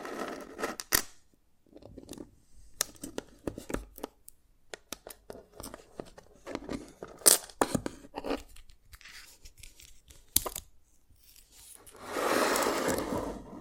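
Dalgona candy being tapped and cracked in sharp, irregular clicks and snaps, with crinkling bits, ending in a longer scraping rustle.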